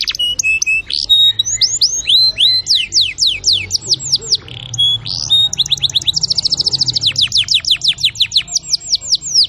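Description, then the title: Canary singing a lively run of sharp down-slurred whistles and sweeps, then a long rapid rolling trill, over a faint low hum. Canary singing vigorously (gacor) with long rolled trills (roll panjang), meant to prompt other canaries to answer at once. "LANGSUNG NYAUT GACOR DOR Kenari Manasaja, Dengan Kicau Kenari GACOR NGOTOT ROLL PANJANG"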